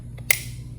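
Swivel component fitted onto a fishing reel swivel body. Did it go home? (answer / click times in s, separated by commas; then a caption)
yes / 0.3 s. After greasing a rebuilt Stingray fishing reel swivel, the mating part is fitted onto the metal swivel body and wiggled slightly until it clicks home. A faint tick at 0.2 s is followed by a sharp snap-like click at 0.3 s as the part seats into place, over a steady low hum.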